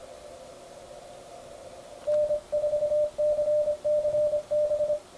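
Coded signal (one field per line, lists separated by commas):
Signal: Morse code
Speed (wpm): 24 wpm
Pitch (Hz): 600 Hz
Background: radio noise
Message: N4CCB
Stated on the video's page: QRP CW DX contest contacts during the ARRL International DX Contest, sent with a Begali Simplex key and Logikit CMOS-4 keyer on a Flex Radio 6300.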